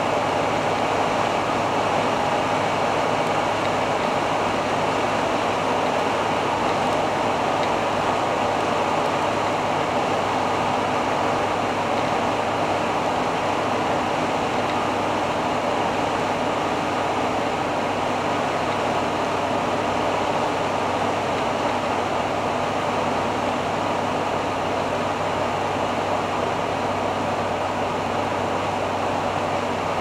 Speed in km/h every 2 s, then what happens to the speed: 94, 93, 93, 92, 91, 91, 90, 90, 90, 89, 88, 87, 87, 87, 87.
0-30 steady at about 90.